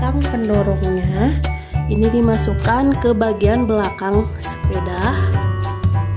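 The push handle of a Bebehoo Gen 2 children's folding bike is inserted into its socket at the back of the bike frame while music plays and someone talks. The handle has not seated or clicked into place yet.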